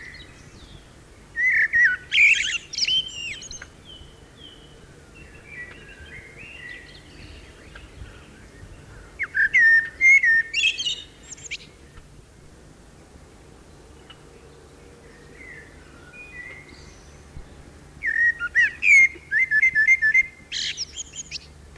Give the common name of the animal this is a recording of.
Common Blackbird